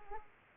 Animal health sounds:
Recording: mosquito wingbeat signal from an infrared sensor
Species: Aedes aegypti

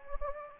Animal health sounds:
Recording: mosquito wingbeat signal from an infrared sensor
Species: Anopheles gambiae

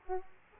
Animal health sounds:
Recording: mosquito wingbeat signal from an infrared sensor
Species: Aedes aegypti

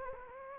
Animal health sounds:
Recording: mosquito wingbeat signal from an infrared sensor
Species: Anopheles gambiae

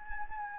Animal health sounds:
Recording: mosquito wingbeat signal from an infrared sensor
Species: Anopheles gambiae

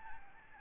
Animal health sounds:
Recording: mosquito wingbeat signal from an infrared sensor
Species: Aedes albopictus

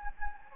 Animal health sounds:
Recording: mosquito wingbeat signal from an infrared sensor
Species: Anopheles gambiae

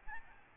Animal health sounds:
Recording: mosquito wingbeat signal from an infrared sensor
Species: Aedes albopictus

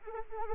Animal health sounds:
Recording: mosquito wingbeat signal from an infrared sensor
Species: Anopheles arabiensis

